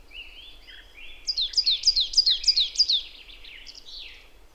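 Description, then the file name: Marsh tit giving soft, low whistled notes that break into a rapid series of sharp, high, falling chips, then two fainter closing notes. "Poecile palustris"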